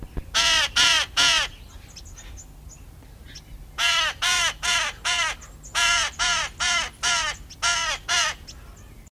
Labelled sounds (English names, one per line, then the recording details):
Transvolcanic Jay call
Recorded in captivity
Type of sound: call
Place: Zoo Osnabrück, Niedersachsen, DE
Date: 1974-06-14
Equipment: Halbspur, 9,5 cm/s
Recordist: Lütgens, Hans
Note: Rufe